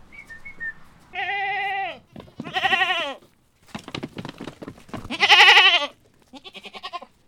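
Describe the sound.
Goat bleats: several loud, nasal, quavering bleats, some wavering in pitch, separated by short gaps with scuffling and rustling noises.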